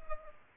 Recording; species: mosquito wingbeat signal from an infrared sensor; Culex pipiens